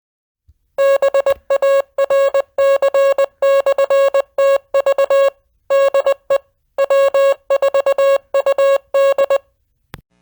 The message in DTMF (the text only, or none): none